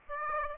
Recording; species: mosquito wingbeat signal from an infrared sensor; Aedes aegypti